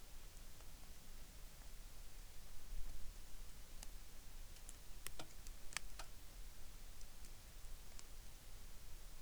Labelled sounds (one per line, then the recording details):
rain
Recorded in the Arctic National Wildlife Refuge, Alaska, on 3 August 2019
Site 33